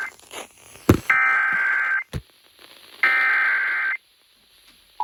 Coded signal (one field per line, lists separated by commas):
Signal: Emergency Alert System (SAME) tones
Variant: header bursts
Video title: EAS #262-264 Tornado Warning